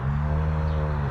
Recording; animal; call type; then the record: contact call of a hoofed animal; cattle; low-frequency (closed-mouth) or high-frequency (open-mouth) call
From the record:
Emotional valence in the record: negative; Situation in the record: full separation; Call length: 1.11 s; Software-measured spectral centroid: 990 Hz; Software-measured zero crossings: 650 a second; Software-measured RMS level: -24 dBFS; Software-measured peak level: -15 dBFS